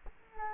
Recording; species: mosquito wingbeat signal from an infrared sensor; Culex quinquefasciatus